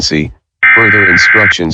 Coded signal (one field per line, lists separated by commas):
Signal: Emergency Alert System (SAME) tones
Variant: header bursts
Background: speech